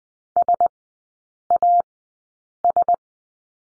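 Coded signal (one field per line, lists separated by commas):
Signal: Morse code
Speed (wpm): 20 wpm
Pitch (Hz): 700 Hz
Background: none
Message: SAS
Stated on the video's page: Morse code course lesson on the letter U with three characters at Farnsworth speed 20/10 wpm.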